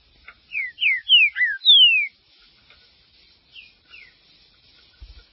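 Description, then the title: Green-winged saltator singing a quick burst of five loud, sliding, whistled notes, followed by a few softer whistles and brief quiet. "Trinca Ferro"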